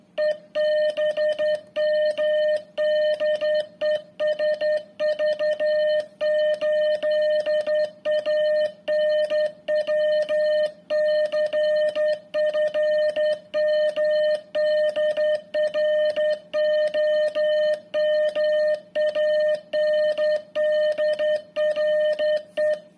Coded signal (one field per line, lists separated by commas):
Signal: Morse code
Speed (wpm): 11 wpm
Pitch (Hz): 610 Hz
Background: music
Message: EBM DE SV8ANW CFM DR OM ANDRE